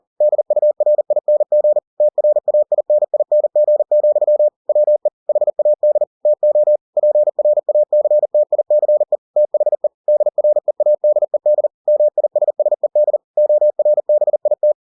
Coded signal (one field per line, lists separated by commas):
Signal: Morse code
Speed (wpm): 40 wpm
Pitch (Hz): 600 Hz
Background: none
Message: DURING TRAINING, WE HAD TO PRACTICE THE DREADED MISSED ORBIT